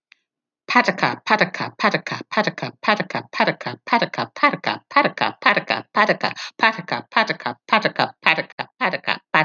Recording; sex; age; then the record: repeated syllables /pa ta ka/; female; 60 to 69 years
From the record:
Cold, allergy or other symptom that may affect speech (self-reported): no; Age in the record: 60 years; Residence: Virginia, United States